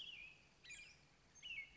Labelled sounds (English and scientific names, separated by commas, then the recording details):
American Robin (Turdus migratorius)
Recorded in Sonoma County, California